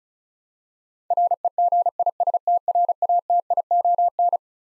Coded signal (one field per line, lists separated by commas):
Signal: Morse code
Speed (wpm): 36 wpm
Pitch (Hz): 700 Hz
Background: none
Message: REGISTRATION